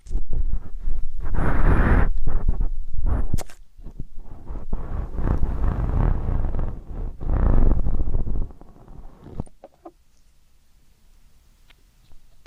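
Ear canal cleaning sounds: dense, loud rustling and scraping in uneven bursts, with brief gaps, for about nine seconds. A sharp click follows near the ten-second mark, then it falls almost silent apart from a few faint ticks and a small scrape at the end.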